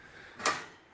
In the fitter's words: a lie on this see how it stops this thing right here so it actually locks into place so